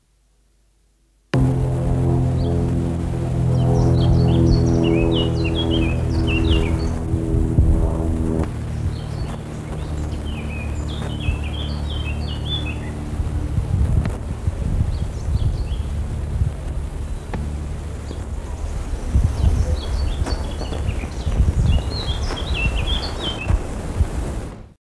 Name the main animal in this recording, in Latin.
Sylvia atricapilla